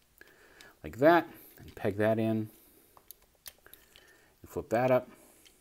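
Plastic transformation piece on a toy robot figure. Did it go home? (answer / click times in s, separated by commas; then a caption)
no / none. A plastic transformation piece on an Archecore ARC-06 Ursus Guard Moonstalker toy robot figure is handled during its transformation, pegged in and flipped up while someone talks. Soft plastic taps and light clicks come between the spoken phrases. The piece is still being handled and nothing has seated or clicked into place yet.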